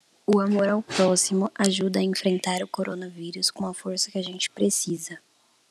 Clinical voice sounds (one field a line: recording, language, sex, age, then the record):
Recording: spoken sentence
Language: Brazilian Portuguese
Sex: female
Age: 20 to 29 years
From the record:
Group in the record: control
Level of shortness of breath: 0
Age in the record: 22 years